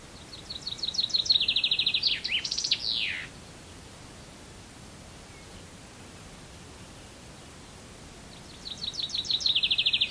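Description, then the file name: Common chaffinch song, a rapid chipping trill that descends and finishes with an emphatic flourish, then quiet for five seconds before the next phrase begins. "Penkava Obecna"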